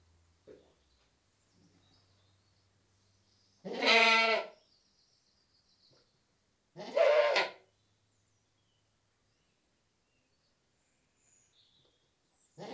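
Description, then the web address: Goat bleating, two loud harmonic bleats about three seconds apart, each roughly a second long, with faint low rumbles and small knocks between them, and the start of another bleat at the very end. British goat bleating; livestock. "The BBC Sound Effects Library. British Goat Bleating 1"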